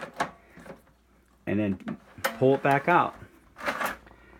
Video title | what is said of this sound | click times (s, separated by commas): Zenith VP200 RCA Video Disc Player Review | Slide that in there like that, and you'll hear a click, | 0.2 s